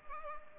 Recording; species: mosquito wingbeat signal from an infrared sensor; Culex pipiens